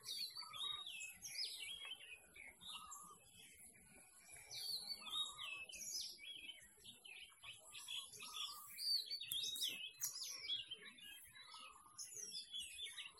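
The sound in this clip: Birds in a continuous chorus of quick chirps, descending whistles and repeated lower warbled phrases.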